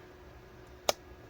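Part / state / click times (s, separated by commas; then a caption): plastic clip part in laptop display assembly / partly seated / 0.9 s. A plastic clip part inside the display assembly of a Dell Inspiron 15 7000 Series 7579 2-in-1 laptop is pressed into place, giving a single sharp click at 0.9 s against a quiet background. Only one of the clip's two sides snaps in, so the part is only partly seated.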